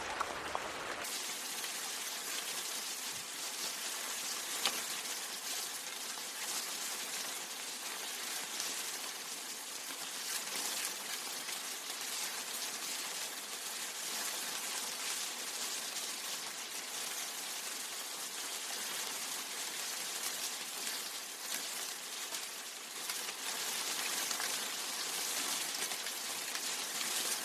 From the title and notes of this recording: Rainy Bliss: Experiencing the Serene Rain.